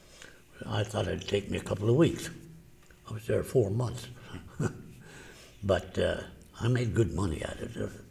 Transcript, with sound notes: I thought it'd take me a couple of weeks. I was there four months! [Laughs] But I made good money at it;